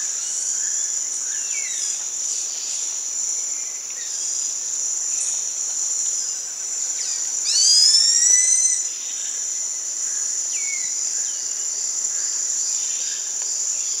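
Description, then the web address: Geoffroy's tamarin whistles, a burst of high, sweeping, overlapping notes near the middle with scattered fainter sweeps, over a steady, shrill insect drone. Primate of the South American rainforest. "Natures Songs S America Primates of the Rainforest Geoffroy's tamarin"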